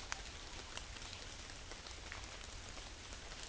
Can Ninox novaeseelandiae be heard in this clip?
no